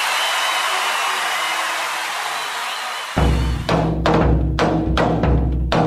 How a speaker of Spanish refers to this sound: fuerte ese aplauso.